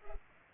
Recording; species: mosquito wingbeat signal from an infrared sensor; Culex pipiens